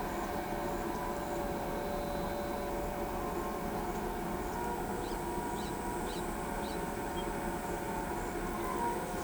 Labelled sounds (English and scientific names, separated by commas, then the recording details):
none
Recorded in pastures near Pivijay, Magdalena, Colombia, on 13 April 2023 at 11:00
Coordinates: 10.456, -74.369
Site P6-G026